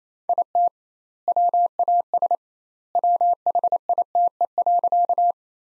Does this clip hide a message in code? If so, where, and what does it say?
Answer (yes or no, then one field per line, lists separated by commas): yes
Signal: Morse code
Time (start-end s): 0.3-5.3 s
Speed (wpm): 28 wpm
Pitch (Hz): 700 Hz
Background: none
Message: IT WAS WHITE.